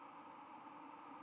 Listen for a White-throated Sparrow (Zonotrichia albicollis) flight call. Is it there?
yes